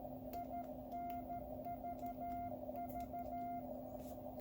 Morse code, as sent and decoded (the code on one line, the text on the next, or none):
.. -. ...- ...-
INVV